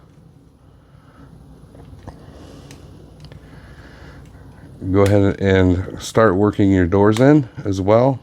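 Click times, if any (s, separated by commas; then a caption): none. Plastic car-door panels are worked into the body of a Transformers Legacy Evolution Buzzworthy Bumblebee Origin Autobot Jazz action figure, with faint handling noise and small sharp plastic ticks around 2.1, 2.7 and 3.2–3.3 s. From about 4.8 s someone talks. The panels are still being handled and nothing has clicked into place yet.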